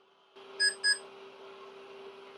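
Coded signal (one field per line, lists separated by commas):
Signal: beep code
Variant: Dell PC BIOS POST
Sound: two short high beeps in quick succession over a steady computer fan hum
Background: computer fan hum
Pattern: 2 short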